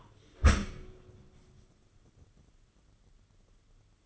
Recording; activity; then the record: daily activity, microphone in the room; close dishwasher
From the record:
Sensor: 4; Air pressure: 995.2 hPa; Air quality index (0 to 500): 214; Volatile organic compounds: 250 ppm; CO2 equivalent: 4360 ppm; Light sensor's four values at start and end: 34/107/40/44 and 34/106/40/44